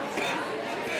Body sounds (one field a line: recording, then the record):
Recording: coughing mixed with background sound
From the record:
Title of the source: 64 coughing, allergies, singing lungs